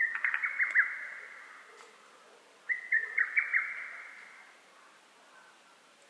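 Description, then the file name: Lesser cuckoo singing two loud whistled phrases of quick staccato notes, the second starting near three seconds, with a ringing tail after each, and a third beginning just at the end. Recorded on 12 June 2010. "hototogisu-20100612"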